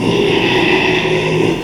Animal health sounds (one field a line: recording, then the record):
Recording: squeal of a Yucatan mini pig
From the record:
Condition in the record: after surgery on the right vocal fold (resection and tissue-engineered implant)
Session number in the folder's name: 1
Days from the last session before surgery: 6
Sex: male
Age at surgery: 12 weeks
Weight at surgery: 13 kg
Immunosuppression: cyclosporine, prednisolone